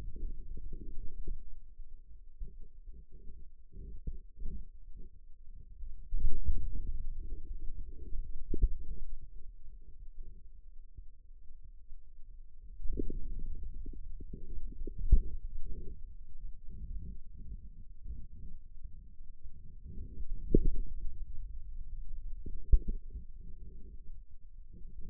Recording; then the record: forearm muscle sounds (acoustic myography)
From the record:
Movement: inward rotation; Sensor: system 2, bracelet of six BSWA MPA416 microphones around the upper forearm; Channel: 1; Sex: male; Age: 22 years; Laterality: right